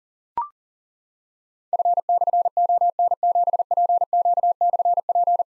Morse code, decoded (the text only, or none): F/ON7PQ/P